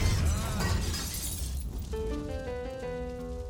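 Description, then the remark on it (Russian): A car explodes with a loud, roaring blast full of shattering and crashing debris, which fades after about a second and a half into steady ringing tones. “Машина взорвалась.”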